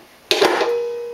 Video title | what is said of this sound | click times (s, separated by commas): layout update 5 | locks into place the bridge comes down | 0.3 s